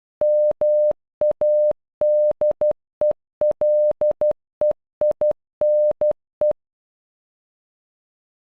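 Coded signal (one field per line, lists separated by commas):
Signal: Morse code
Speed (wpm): 12 wpm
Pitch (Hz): 600 Hz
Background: none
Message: MADELEINE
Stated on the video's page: The name sent in Morse at normal speed and at half speed.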